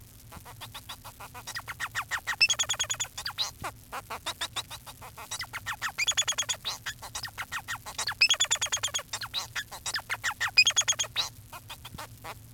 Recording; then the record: song of a male Bengalese finch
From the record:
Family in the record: son of father 4